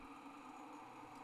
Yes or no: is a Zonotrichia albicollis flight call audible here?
no